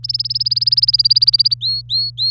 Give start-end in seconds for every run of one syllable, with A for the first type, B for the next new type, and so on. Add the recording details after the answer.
0.03-1.54 A, 1.61-2.30 B. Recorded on 24 April 2018 at 10:06. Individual llb3